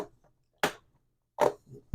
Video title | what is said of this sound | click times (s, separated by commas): Lenovo Legion Slim5 RAM Upgrade: Easy DIY Guide | the cover back onto the laptop, you just press it to the sides till you hear the snaps. | 0.6 s, 1.4 s